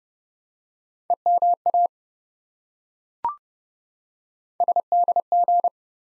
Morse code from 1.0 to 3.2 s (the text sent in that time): EMA